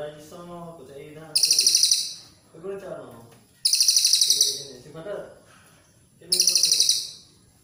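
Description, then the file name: Cililin coklat song: three bright, buzzy high trills roughly every two and a half seconds, alternating with lower rolling chatter. "suara cililin coklat"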